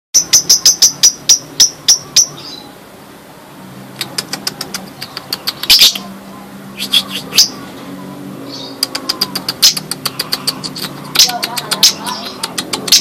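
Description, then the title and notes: Bird song of rapid, sharp, high chirps in quick repeated bursts, pausing briefly before resuming, with a faint low hum underneath. "Bird Sound. Kicau Burung Lengkap"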